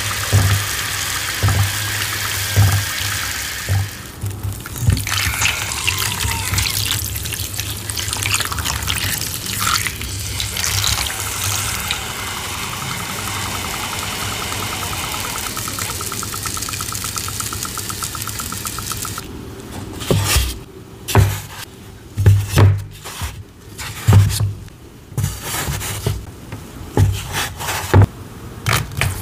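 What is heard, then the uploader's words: Water pours steadily onto chalk blocks for the first twenty seconds, a dense rushing and fizzing with soft soaking crackle. Toward the end the pour stops and gives way to irregular wet squelches, creaks and dull low knocks at uneven intervals. Pouring Over Blue Water onto Gym Chalk Blocks. Loud ASMR pouring water sounds, soaking, creaking, and oddly satisfying water sounds.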